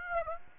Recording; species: mosquito wingbeat signal from an infrared sensor; Aedes aegypti